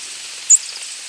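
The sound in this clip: Chipping sparrow call: one short, very high, sharp chip note about halfway through, over a steady faint hiss.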